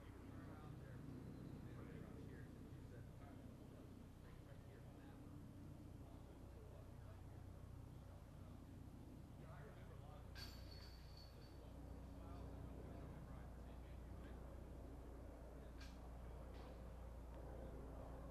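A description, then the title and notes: Cars move in and out of a parking lot in a park, with a steady low engine rumble that stays dense throughout. Voices murmur in the background, and a brief bright squeak or chirp stands out around ten seconds, with sharp clicks later. Standing in Nevin Park. Cars pulling in and out of the parking lot.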